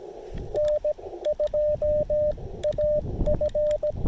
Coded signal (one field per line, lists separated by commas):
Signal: Morse code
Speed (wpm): 17 wpm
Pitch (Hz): 600 Hz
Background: radio noise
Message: N2AF